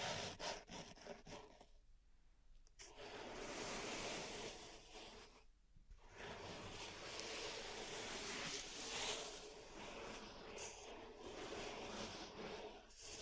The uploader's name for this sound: Pink Salt Zen Garden Triggers